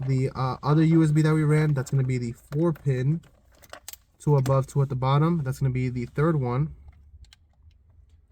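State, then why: Seated. A 4-pin USB plug is pushed, tab at the bottom, into the third port of a car radio head unit while someone talks. A few small clicks and rattles come at around 3.6–3.9 seconds. The plug clicks in and seats at 7.3 seconds.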